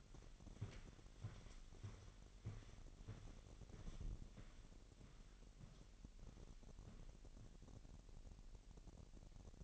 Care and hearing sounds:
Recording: daily activity, microphone in the room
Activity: walk to room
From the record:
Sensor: 4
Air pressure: 1013.1 hPa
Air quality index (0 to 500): 245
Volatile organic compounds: 4 ppm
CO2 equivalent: 1632 ppm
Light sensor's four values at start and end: 35/84/35/34 and 37/88/36/36

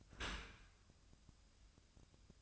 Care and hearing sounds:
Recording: daily activity, microphone in the room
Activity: open dishwasher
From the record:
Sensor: 2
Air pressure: 1004.5 hPa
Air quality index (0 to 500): 109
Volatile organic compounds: 3 ppm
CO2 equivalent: 1322 ppm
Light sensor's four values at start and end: 6/15/6/6 and 6/15/6/6

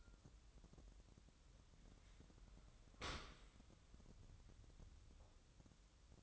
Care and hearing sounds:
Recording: daily activity, microphone in the room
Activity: open dishwasher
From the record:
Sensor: 3

